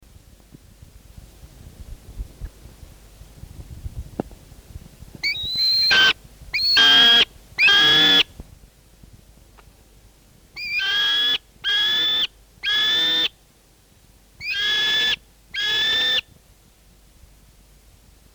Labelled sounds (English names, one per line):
New Zealand Falcon